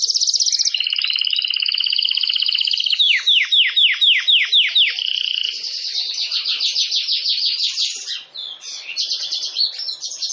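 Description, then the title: Domestic canary song: steady high trills, a series of descending swoops, then varied rapid warbling phrases with short breaks. Belgian canary breed (Canário Belga), singing. "Canário Belga Campainha Canary Singing"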